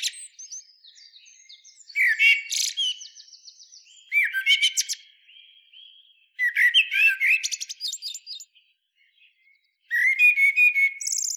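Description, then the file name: Eurasian blackbird singing short warbled phrases, each low fluty start breaking into high squeaky twitters, several phrases with quiet pauses between. "Turdus merula"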